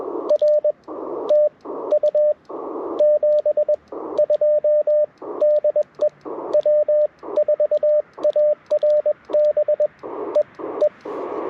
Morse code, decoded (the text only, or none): R TU 72 DE W4ARB EE